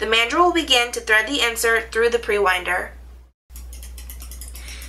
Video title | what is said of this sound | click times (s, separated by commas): KATO - Torque Limiting Clutch Drive CT9602 For Tangless & Helicoil inserts | Do you hear the clicking sound? The handle is turning, but the mandrel is not. | 4.0 s, 4.1 s, 4.2 s, 4.3 s, 4.4 s, 4.6 s